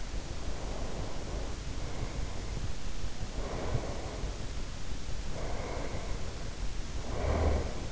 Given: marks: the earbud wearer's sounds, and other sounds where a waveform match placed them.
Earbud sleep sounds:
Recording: sounds in sleep by an in-ear microphone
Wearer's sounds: breath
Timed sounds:
0.15-2.75 s: breath
3.30-4.79 s: breath
5.25-7.91 s: breath

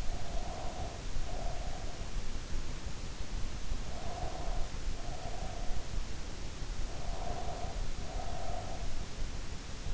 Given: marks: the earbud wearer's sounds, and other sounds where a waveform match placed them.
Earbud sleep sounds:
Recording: sounds in sleep by an in-ear microphone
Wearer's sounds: breath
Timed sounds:
0.00-2.01 s: breath
3.62-6.07 s: breath
6.88-9.04 s: breath

